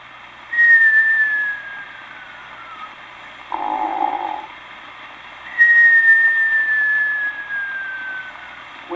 The final form of this variety is type 2D, the Westinghouse air brake.